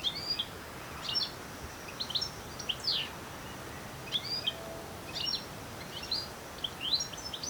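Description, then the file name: European goldfinch calls, bright high chirps and short twitters given every second or so against constant background noise. "Carduelis carduelis"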